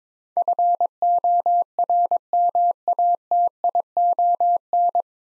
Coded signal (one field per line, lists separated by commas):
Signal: Morse code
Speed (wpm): 22 wpm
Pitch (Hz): 700 Hz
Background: none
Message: FORMATION